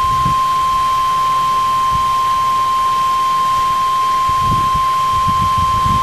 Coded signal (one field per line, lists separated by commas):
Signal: Emergency Alert System (SAME) tones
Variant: 1050 Hz attention tone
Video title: Test Tornado Warning 2010